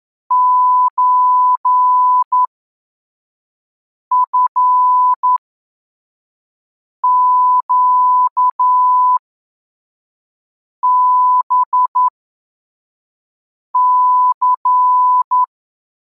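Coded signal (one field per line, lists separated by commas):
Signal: Morse code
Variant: Russian alphabet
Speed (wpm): 11 wpm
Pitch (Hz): 1000 Hz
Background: none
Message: ЧФЩБЦ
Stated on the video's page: Morse code lesson 12 with reception-practice texts at 3 groups per minute.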